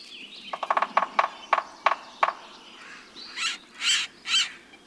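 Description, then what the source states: Sapsucker drilling: a series of sharp taps, quick at first, then slowing, followed by three harsh, cat-like squealing calls. Drills small holes in the bark of favored trees and returns to eat the sap; drilling paired with cat-like squeal.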